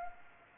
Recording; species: mosquito wingbeat signal from an infrared sensor; Anopheles gambiae